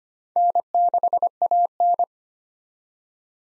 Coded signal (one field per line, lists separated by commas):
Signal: Morse code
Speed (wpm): 25 wpm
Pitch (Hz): 700 Hz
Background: none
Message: N6AN